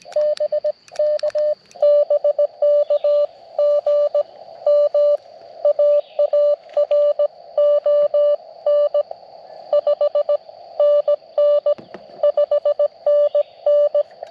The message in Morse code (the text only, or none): BK BK GM AARON 5NN 5NN